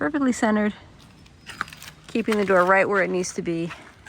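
Someone talks while a Ford Transit van's sliding door is handled toward its installed door stop, with a few brief sharp knocks around 1.6 s between the speech. The sliding door has not yet caught in the door-stop slot; nothing has seated or clicked yet.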